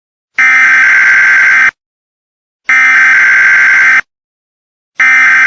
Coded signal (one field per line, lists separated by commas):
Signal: Emergency Alert System (SAME) tones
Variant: header bursts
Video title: Top 5 Islas Del Caribe "EAS Alarm" @EASAlarmYouTube